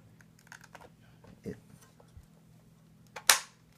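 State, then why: Seated. A plastic battery pack with a new-style connector is pushed into its slot on a Parrot Bebop 2 quadcopter drone body. Light ticks and handling taps come first, then a small click at 3.2 s and a loud, sharp snap at 3.3 s. The battery snaps into place and holds much better than the original one, which did not stay in well.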